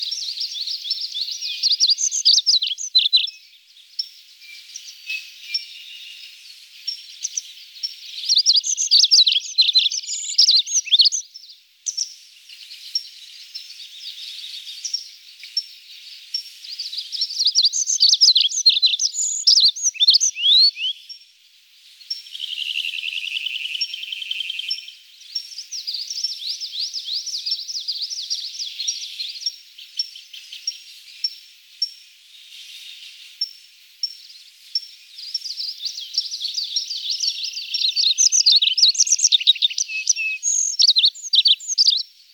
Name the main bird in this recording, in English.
Olive-backed Pipit